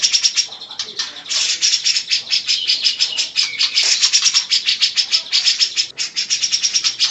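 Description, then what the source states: Grey-cheeked bulbul giving a dense, fast chattering song of rapid high notes, with bursts of harsh, scratchy trills running almost without pause. Masteran recording used to train other birds; local name cucak jenggot.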